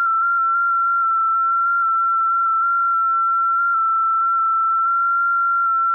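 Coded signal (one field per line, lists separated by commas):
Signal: FT8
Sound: a single steady whistle-like tone with slight pitch steps and faint clicks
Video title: Decent Conditions Across Both Ponds On 20m FT8...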